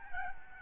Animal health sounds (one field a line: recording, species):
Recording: mosquito wingbeat signal from an infrared sensor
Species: Aedes albopictus